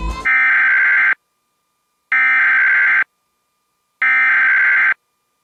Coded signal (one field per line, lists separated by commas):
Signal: Emergency Alert System (SAME) tones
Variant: header bursts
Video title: Pennsylvania Child Abduction Emergency (EAS #642)